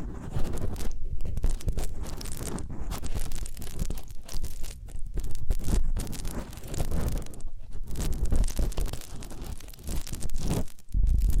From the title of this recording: Massage, Ear Cleaning and Spa